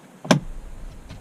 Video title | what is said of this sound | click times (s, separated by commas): Got my Jeep Ready for Winter with Gteching ceramic coating and Weathertech floor mats | and if that wasn't easy to install I don't know what is it snapped right in and it's got a nice fit and finish all | 0.3 s